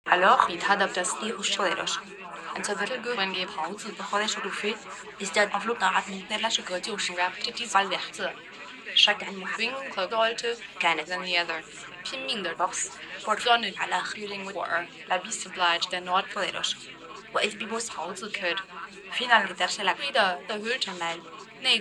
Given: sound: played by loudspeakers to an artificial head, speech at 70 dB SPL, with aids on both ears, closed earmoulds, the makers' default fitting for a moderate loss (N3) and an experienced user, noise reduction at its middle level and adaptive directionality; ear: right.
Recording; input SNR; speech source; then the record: speech test signal (ISTS) in cocktail-party noise; +3 dB; on the right (90 degrees)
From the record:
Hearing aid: class 2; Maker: E